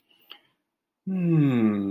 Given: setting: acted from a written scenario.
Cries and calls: vocal sound without words; romantic love

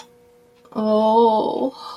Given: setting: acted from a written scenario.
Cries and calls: vocal sound without words; sympathy

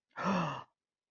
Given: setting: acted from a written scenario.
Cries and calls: vocal sound without words; realization

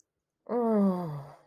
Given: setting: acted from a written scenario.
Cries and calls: vocal sound without words; sympathy

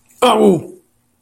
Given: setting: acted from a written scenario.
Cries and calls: vocal sound without words; pain

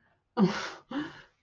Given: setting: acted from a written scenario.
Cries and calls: vocal sound without words; embarrassment

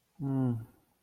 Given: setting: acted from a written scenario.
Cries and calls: vocal sound without words; guilt

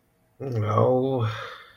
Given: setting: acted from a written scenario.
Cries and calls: vocal sound without words; shame

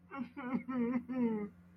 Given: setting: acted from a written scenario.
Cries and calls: vocal sound without words; sadness

